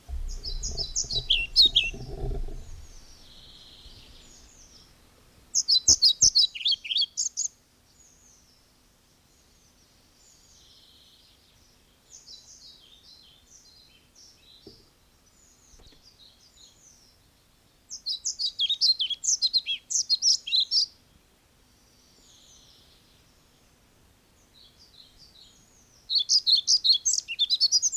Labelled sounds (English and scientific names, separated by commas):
European Pied Flycatcher (Ficedula hypoleuca) song